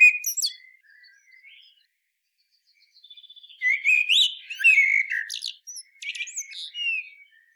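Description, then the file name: Eurasian blackbird song with a loud chirpy opening, a quiet pause, then a rich run of warbled and squeaky high phrases over the last four seconds. "Turdus merula"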